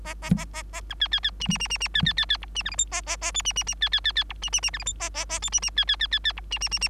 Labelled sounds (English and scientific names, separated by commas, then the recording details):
Bengalese Finch (Lonchura striata domestica) song
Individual Bird3